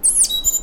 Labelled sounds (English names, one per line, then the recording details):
Stitchbird song
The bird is a male
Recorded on Tiritiri Matangi Island, New Zealand, in 2005
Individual 1, of nest box 1